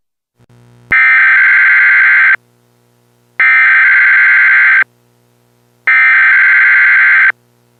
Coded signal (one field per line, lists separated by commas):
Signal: Emergency Alert System (SAME) tones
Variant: header bursts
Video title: EAS Broadcast 2 0